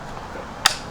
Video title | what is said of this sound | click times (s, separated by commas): NEW VIEW HUNTING T5 Digital Trail Camera - Initial Review and Thoughts | snaps back in so that is a nice feature I like that Jared does too | 0.7 s